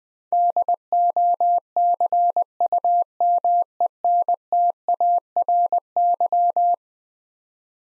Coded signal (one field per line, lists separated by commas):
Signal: Morse code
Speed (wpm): 20 wpm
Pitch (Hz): 700 Hz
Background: none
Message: DOCUMENTARY